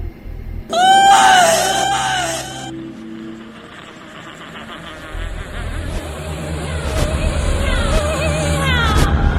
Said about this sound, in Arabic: بعد ما خلصت سمعت صوت صرخة رجت المكان، اتخشبت واتجمدت في مكاني. كانت جاية من ورا قبر اللي شاهد ضخم وشكله غريب ما خدتش بالي منه قبل كده.